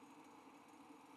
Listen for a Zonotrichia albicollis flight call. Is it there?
no